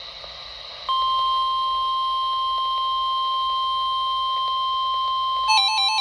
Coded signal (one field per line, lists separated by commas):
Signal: Emergency Alert System (SAME) tones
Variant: 1050 Hz attention tone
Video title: (EAS "#905") Weekly Test w/ RadioShack 12-257!! on WNG588 (Jefferson, NC) - 11/5/2025